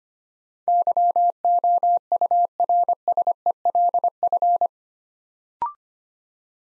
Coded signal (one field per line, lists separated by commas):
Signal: Morse code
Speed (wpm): 25 wpm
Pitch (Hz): 700 Hz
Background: none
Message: YOURSELF